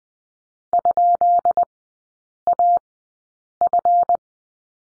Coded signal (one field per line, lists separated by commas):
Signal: Morse code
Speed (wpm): 20 wpm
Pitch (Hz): 700 Hz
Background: none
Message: ?AF